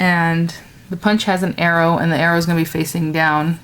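Someone talks while handling a Martha Stewart frame border punch, a paper border punch being fitted onto a paper corner guide. Only the voice and faint handling noise are heard. Nothing has seated or clicked yet.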